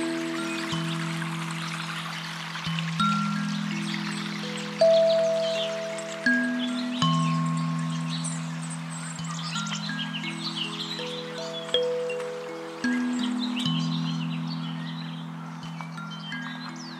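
Birds chirp and twitter in scattered bright calls at Oaks Bottom along the Willamette River. Beneath them, sustained low tones hold like chords, changing pitch in steps every one to two seconds, each change marked by a soft swell.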